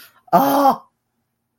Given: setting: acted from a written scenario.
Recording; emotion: vocal sound without words; elation